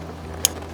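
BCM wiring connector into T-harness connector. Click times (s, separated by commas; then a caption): 0.5 s. On a 2010–2016 Cadillac SRX with PTS, the blue vehicle BCM connector is pushed into the matching blue plug of a remote-start T-harness. A single sharp, bright click sounds at 0.5 s over a steady low hum, and the connector is seated.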